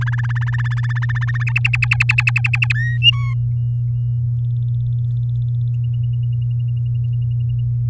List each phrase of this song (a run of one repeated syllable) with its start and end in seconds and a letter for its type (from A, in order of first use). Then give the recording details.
0.01-1.44 A, 1.47-2.73 B, 2.75-2.97 C, 3.02-3.33 D. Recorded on 9 May 2018 at 15:06. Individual llb16